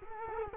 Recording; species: mosquito wingbeat signal from an infrared sensor; Culex quinquefasciatus